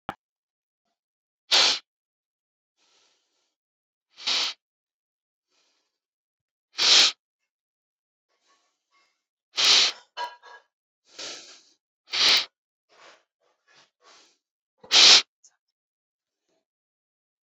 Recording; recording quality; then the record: deep breathing; excellent, no background noise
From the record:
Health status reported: COVID-19 positive, mild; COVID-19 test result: positive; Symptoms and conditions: cough, breathing difficulty, loss of smell and taste, chronic lung disease, pneumonia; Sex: male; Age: 48 years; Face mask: not worn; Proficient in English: yes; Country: India